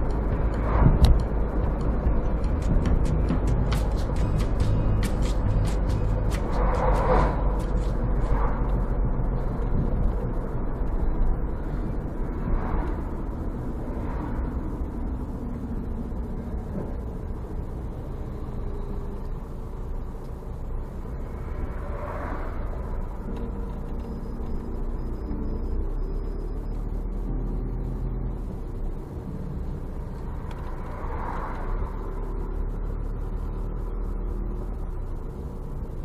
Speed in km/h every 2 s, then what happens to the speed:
57, 54, 52, 51, 47, 43, 36, 28, 18, 11, 9, 7, 6, 10, 11, 9, 9, 11.
0-24 slows to 6. 24-36 steady at about 9.